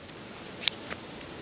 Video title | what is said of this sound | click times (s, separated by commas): Lincoln Town Car Guy Tries Lightbulbs From @PanzerPlatform - 4WDKING LEDs | right and it clicks in place so | 0.7 s